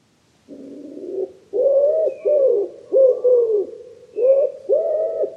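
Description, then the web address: Wood pigeon cooing: a soft low opening note, then several husky, rhythmic coos in phrases with short pauses between them. "cianscape. Deverinetal 2025. Bird Only"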